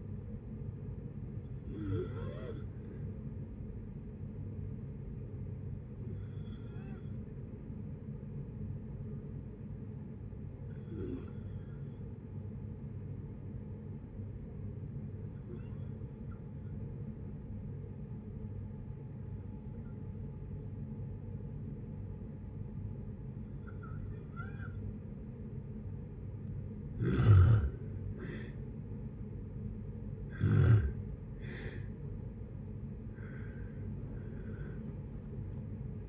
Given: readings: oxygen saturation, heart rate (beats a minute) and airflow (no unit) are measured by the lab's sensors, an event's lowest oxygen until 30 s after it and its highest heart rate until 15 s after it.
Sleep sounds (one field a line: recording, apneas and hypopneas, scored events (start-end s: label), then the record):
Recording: breathing in sleep by a smartphone at the bedside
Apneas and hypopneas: 1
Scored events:
3.00-28.90 s: hypopnea (N2, oxygen 96% highest, then 86% lowest, heart rate 66 at the start, 79 highest)
35.00-36.09 s: new sleep stage, N1 (lightest sleep)
From the record:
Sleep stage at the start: N2 (light sleep)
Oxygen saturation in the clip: 79 to 96%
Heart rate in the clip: 57 to 78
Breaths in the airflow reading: 7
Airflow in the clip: -6.5 to 11.5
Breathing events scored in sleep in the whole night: 496 in 5.4 hours asleep